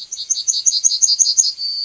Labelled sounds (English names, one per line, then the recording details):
Yellowhammer song
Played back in forest
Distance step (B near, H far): B
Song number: 140